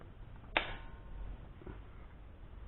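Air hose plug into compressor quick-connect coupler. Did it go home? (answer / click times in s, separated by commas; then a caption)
yes / 0.6 s. A metal air hose plug is pushed into the quick-connect coupler of a Porter Cable compressor after its collar is pulled back. Against a low steady background, a single sharp, loud snap lands at 0.6 s, followed by a faint knock around 1.7 s. The plug seats in the coupler.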